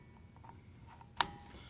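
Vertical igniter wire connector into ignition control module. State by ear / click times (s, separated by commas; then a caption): seated / 1.2 s. The vertical igniter wire connector, a plastic plug with a locking clip, is slid into its socket on the ignition control module. After faint low rustling and a soft tap near 0.5 s, a sharp, bright snap at 1.2 s marks the plug locking into place, and it is seated.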